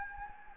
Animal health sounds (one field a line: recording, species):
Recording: mosquito wingbeat signal from an infrared sensor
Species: Anopheles gambiae